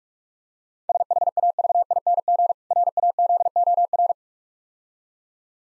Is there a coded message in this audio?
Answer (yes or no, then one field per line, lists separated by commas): yes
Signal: Morse code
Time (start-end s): 0.9-4.1 s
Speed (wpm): 46 wpm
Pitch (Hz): 700 Hz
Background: none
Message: SHAVING RAZOR